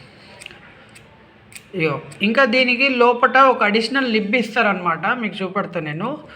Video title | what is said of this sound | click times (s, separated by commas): Tukzer stylus pen unboxing and reviews - tab pen - universal pen - capacitive pen - carbikemobilez | back side కూడా same magnetic lock ఉంటది ఇగో ఇగో | 0.5 s